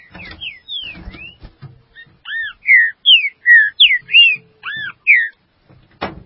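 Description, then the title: Green-winged saltator song: soft whistles amid rustling and knocks, then a run of loud, clear whistled notes, some arched, some paired, ending in a sharp click. "Trinca Ferro"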